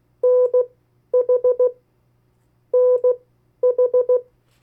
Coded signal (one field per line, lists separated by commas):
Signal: Morse code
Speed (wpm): 16 wpm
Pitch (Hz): 500 Hz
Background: none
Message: NH NH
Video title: 50 State Abbreviations, Variable speeds, in CW Video #1